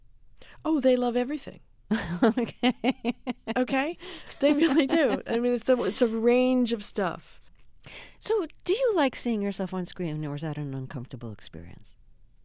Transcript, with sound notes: Oh, they love everything.
(Laughter) OK.
OK? They really do. I mean, it's a range of stuff.
So do you like seeing yourself on screen, or is that an uncomfortable experience?